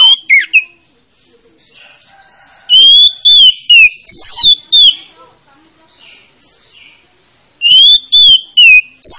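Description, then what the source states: Oriental magpie-robin song: sharp whistled notes strung into three loud bursts of varied, slurred phrases, with softer scratchy notes in the gaps. Lure to make a reluctant, rarely singing magpie-robin start singing.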